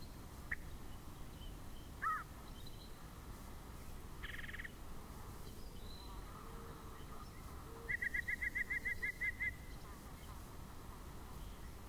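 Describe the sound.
Yellow-breasted chat giving a mix of odd notes and a buzzy burst, then a rapid run of about ten sharp, evenly spaced notes.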